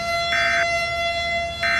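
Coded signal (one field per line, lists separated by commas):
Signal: Emergency Alert System (SAME) tones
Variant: end-of-message bursts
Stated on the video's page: Simulated EAS alert, a fictional scenario that may or may not contain valid alert tones.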